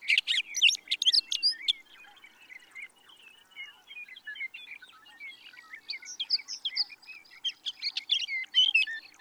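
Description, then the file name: Sage thrasher song begins loud and rapid, drops to a softer run of varied notes, then builds again toward the end. "Sage Thrasher"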